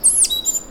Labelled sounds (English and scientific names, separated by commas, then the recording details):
Stitchbird (Notiomystis cincta) song
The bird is a male
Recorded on Tiritiri Matangi Island, New Zealand, in 2005
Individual 1, of nest box 1